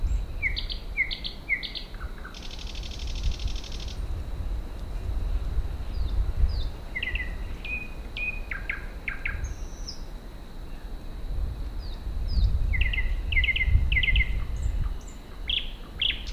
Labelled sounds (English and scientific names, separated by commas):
Thrush Nightingale (Luscinia luscinia) song